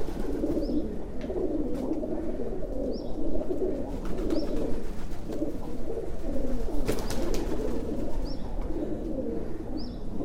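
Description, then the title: Rock dove flock cooing steadily, deep rolling coos layered together, with a few brief high chirps and a few faint knocks. Several pigeons at Discesa alla Piazzetta, Saluzzo, Italy, recorded in 2016 with a Tascam DR-700. "Discesa alla Piazzetta, 12037 Saluzzo CN, Italia - Pigeons"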